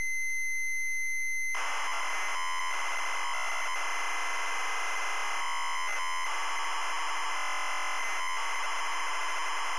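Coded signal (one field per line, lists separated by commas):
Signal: ZX Spectrum tape loading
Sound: a steady high lead tone, then loud harsh screeching data noise with brief dropouts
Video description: ZX Spectrum load up and quick game play of Where Time Stood Still 128k loaded up using a zx spectrum +3 with a wh smith cpd8300 cassette player.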